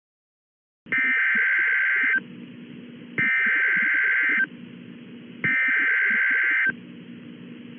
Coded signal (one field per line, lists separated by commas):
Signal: Emergency Alert System (SAME) tones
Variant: header bursts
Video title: [Tornado EAS Scenario] A Nightmare in monsoon season